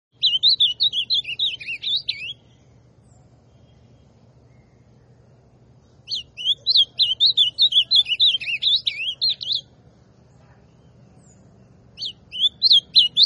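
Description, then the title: Ultramarine grosbeak repeating bursts of quick, swooping whistled phrases, each lasting a few seconds, separated by pauses of several seconds; steady low hum in the background. Classic song style of the ultramarine grosbeak. "Azulão Canto Clássico"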